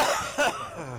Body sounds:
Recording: coughing mixed with background sound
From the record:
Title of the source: Heavy cold and sore throat coughing.

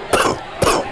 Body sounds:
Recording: coughing mixed with background sound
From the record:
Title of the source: Coughing 79

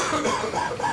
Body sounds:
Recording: coughing mixed with background sound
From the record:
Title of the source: Spring Cold Coughing 2

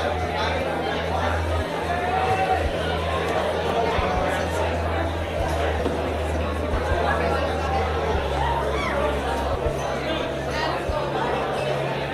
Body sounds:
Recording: background sound without coughing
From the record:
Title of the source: CITY SOUNDS Busy Bar in the Evening Night - 2 HOURS of Ambiance for Relaxation

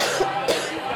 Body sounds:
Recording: coughing mixed with background sound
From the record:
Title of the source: 55 gaggy wet cough

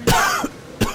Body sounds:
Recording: coughing mixed with background sound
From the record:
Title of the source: Coughing 51

